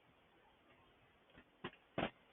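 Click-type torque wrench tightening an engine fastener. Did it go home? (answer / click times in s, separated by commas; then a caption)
yes / 1.6 s. A click-type torque wrench tightens a fastener during a GCV 160 small-engine rebuild, with a few faint ticks before a sharp single click at 1.7 s. A louder, broader knock follows at about 2.0 s. The wrench clicks at its torque setting, confirming the fastener is torqued.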